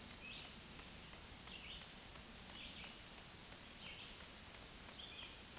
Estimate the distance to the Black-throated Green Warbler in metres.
about 20 m